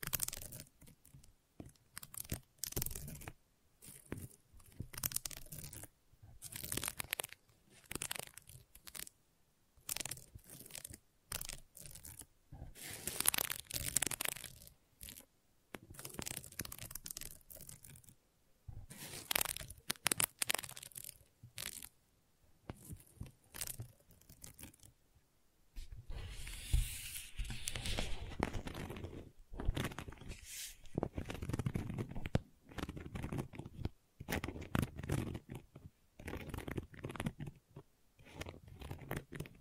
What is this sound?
Gentle Scratching